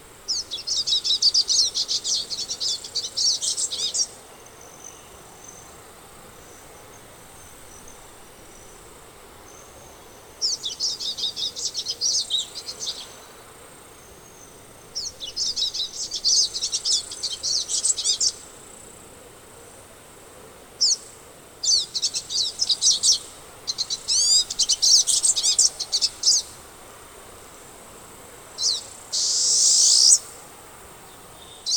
Pine Siskin song recorded on the Bridal Veil Falls Trail in Rocky Mountain National Park.